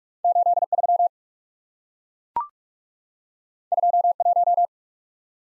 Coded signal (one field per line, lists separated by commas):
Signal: Morse code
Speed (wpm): 44 wpm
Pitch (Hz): 700 Hz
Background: none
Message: 8 3 2 1